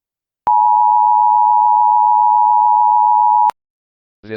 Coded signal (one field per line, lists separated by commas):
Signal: Emergency Alert System (SAME) tones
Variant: 853 and 960 Hz attention tone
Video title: EAS Scenario: The Underground Monster - The Missing Ones Return